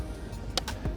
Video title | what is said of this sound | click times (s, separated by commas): ALBA FOLD X İLK BAKIŞ (Elektrikli Bisiklet) | tık diye yerine oturuyoruz şöyle kilit dediğimiz zaman bu şekilde gayet | 0.6 s